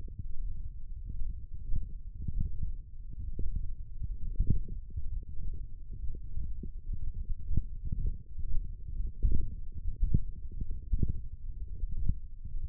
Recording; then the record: forearm muscle sounds (acoustic myography)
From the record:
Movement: hand opening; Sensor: system 1, eight BSWA MPA416 microphones around the upper forearm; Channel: 2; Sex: male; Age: 23 years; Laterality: right